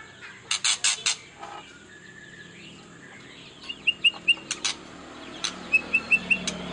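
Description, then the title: White-rumped shama: a series of harsh, rasping bursts followed by short, quick whistled notes repeated in small groups, over a faint steady hiss. Used as a lure to make other birds respond; described as an actively singing ('gacor') bird. "PANCINGAN MEWAH MURAI BATU GACOR, SEKALI DENGAR AMPUH LANGSUNG RESPON"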